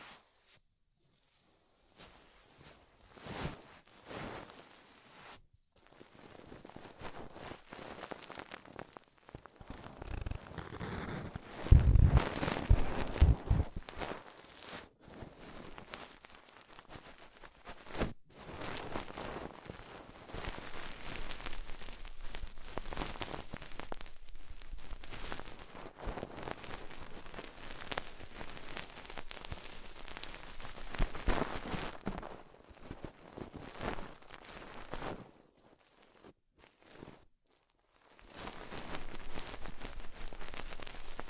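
An ear-exploration ASMR sequence of crackly, rustling touches that come in uneven bursts, with short pauses between them. Around twelve seconds a louder stretch with low thumps stands out. The crackle stays fairly steady from about twenty to thirty-five seconds, then drops out briefly before resuming.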